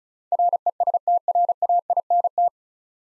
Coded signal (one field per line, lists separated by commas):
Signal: Morse code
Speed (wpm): 36 wpm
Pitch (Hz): 700 Hz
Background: none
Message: RESTRAINT